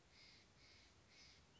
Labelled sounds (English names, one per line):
Steller's Jay